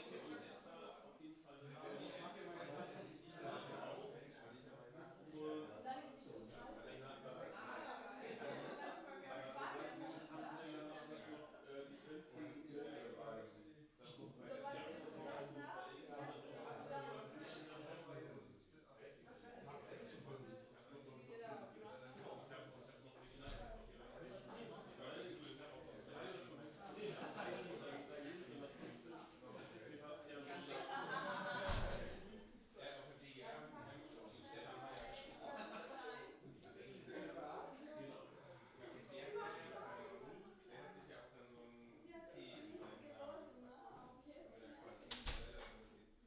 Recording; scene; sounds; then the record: everyday scene through a hearing-aid microphone; many people talking; many voices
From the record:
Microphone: in the ear canal, left